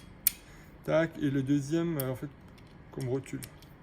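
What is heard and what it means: A swivelling head on a Wera Zyklop 1/2-inch ratchet is engaged into the first of its two configuration modes. It locks in with a single sharp click at 0.3 s. Someone then talks.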